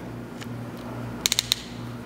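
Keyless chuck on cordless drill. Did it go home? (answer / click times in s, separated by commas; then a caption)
yes / 1.3 s, 1.4 s, 1.5 s. A keyless chuck on a cordless drill is tightened by hand on the bit, giving four sharp ratchet clicks at 1.3, 1.3, 1.4 and 1.5 seconds over a steady low hum. The chuck is tightened on the bit but is not locked yet.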